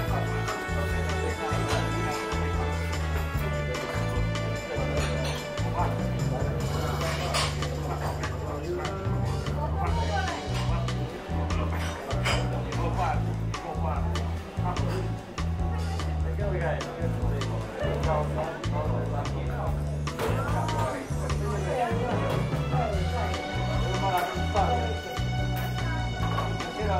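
Coffee shop ambience with music playing steadily throughout, a bouncing bass line repeating in a regular pattern under brighter melodic notes. Murmured conversation and small clinks sit in the mix at a constant, fairly loud level with no pauses.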